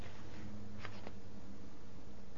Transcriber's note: pages turning